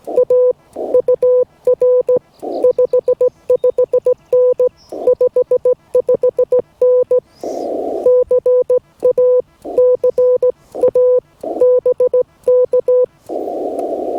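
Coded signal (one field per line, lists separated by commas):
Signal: Morse code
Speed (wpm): 17 wpm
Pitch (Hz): 500 Hz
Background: none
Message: A UR 55N 55N CA CA BK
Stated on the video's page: Parks on the Air activation among Redwoods, sent with a US Morse straight key on a Yaesu FT-891 into a Chameleon 17-ft whip.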